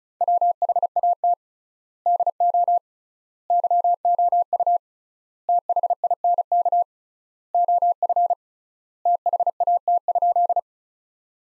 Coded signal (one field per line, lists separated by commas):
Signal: Morse code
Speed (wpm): 36 wpm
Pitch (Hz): 700 Hz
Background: none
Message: WHAT DO YOU THINK OF THAT?